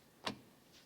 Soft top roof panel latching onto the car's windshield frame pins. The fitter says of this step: Both sides wait for the click